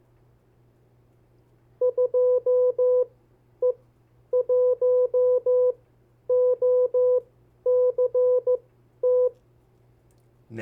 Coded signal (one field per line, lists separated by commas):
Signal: Morse code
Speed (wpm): 15 wpm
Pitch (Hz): 500 Hz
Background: none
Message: 2E1OCT